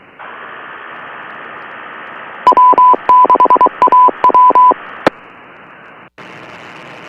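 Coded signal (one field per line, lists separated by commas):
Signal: Morse code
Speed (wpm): 23 wpm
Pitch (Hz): 1000 Hz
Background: radio noise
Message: W6AW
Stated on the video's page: Morse heard while listening to the radio during a livestream.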